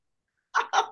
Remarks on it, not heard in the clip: One of my dogs actually has a respiratory infection, so he is at the door coughing. We had to take him to the vet today and get medicine.